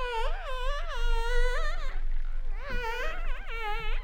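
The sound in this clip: Humpback whale song: two bursts of warbling, looping harmonic cries that rise and fall rapidly, separated by a brief pause, over low water noise.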